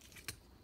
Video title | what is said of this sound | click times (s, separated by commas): Leader Class Optimus Prime - War for Cybertron Siege Review | this is just gonna snap into place in the back right here | 0.3 s